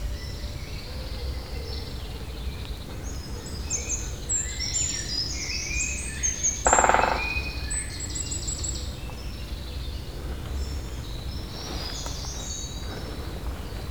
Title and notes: 28 Chemin de Lapeyrière, Saint-Jean, France - Pic épeiche marquage territoire. Un pic épeiche marque son territoire sur la souche d'un long arbre mort